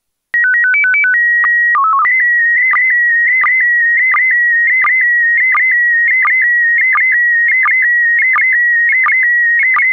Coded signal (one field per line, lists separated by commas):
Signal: SSTV (slow-scan television)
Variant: PD 90